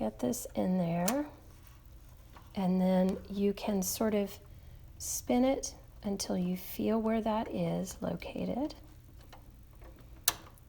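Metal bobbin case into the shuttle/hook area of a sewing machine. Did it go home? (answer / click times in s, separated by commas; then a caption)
yes / 10.3 s. A metal bobbin case is fitted into the shuttle/hook area of a sewing machine and spun to find where its notch matches the machine's arm, while someone talks. It is then pushed in and latches with one loud, sharp click at 10.3 s, seating it firmly in place.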